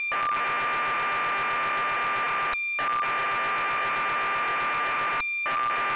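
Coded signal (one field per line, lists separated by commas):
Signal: computer data on cassette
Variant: BBC Micro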